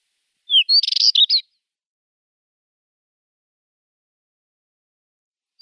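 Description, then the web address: Spectacled warbler song: one short, scratchy, high warbled phrase lasting about a second, opening with a thin whistled note, then silence. "Schulze Peter Spectacled Warbler song"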